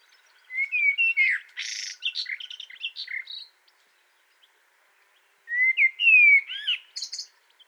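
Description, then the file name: Common blackbird song in two bursts: fluty whistled notes ending in scratchy high twitters, a quiet gap of about two seconds, then another rich warbled phrase. "Turdus merula"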